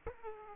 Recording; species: mosquito wingbeat signal from an infrared sensor; Aedes aegypti